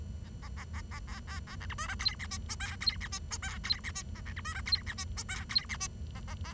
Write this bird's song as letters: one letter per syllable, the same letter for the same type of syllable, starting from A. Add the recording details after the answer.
A A A A A B B A C D E F G H I J K G H I J K G H I A C D E F G H I J K G H I A A B. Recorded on 23 June 2012 at 09:47. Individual gr41rd51